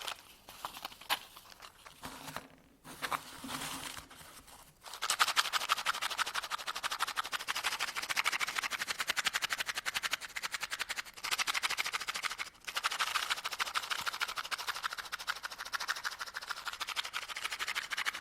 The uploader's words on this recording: ASMR Sounds of shaking (NO TALKING).